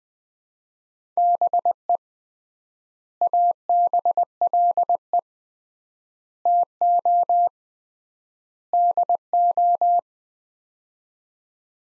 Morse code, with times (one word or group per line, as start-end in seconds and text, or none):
1.2-2.0 BE
3.2-5.2 ABLE
6.5-7.5 TO
8.7-10.0 DO